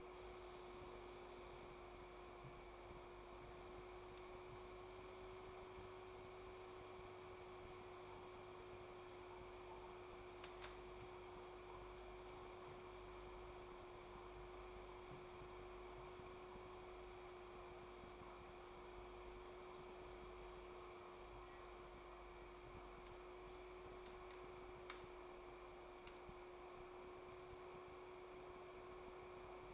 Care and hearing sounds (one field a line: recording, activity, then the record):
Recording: daily activity, microphone in the room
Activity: make coffee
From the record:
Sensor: 1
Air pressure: 1004.3 hPa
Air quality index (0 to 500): 198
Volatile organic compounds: 18 ppm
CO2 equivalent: 2620 ppm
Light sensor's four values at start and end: 5/14/5/6 and 5/14/5/6